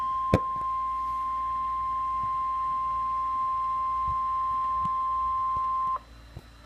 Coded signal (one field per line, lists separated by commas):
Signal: Emergency Alert System (SAME) tones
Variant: 1050 Hz attention tone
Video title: 7/12/2016: Severe Thunderstorm Warning (EAS #54)